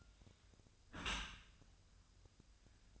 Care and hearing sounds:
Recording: daily activity, microphone in the room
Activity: close dishwasher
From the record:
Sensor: 2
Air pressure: 1004.5 hPa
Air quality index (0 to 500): 111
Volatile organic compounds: 3 ppm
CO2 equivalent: 1337 ppm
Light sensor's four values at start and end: 6/15/6/6 and 6/15/6/6

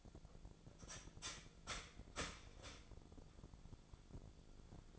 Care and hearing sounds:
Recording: daily activity, microphone in the room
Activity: start toaster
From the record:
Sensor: 5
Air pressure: 1000.3 hPa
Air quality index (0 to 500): 129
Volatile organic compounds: 2 ppm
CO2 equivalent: 1015 ppm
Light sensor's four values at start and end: 80/188/80/86 and 80/189/80/86

